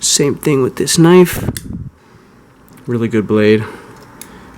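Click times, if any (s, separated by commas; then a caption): 4.2 s. Someone talks as the knife blade on a pocket multi-tool is opened, and after a quiet stretch a sharp click at 4.2 s marks the blade locking open into place.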